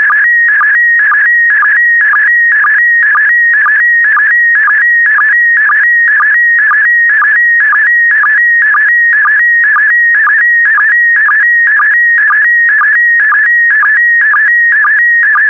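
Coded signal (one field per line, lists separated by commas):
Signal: SSTV (slow-scan television)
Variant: PD120 mode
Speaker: complete. You can now check your decoded image against the picture that is shown on the video.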